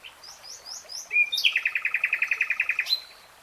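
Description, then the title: Nightingale song: a few soft rising notes followed by a loud, rapid, even run of repeated chuckling notes lasting about a second and a half. Nightingale singing, recorded in real time. "[Tiếng chim hót] 3 Hours REALTIME Nightingale Singing"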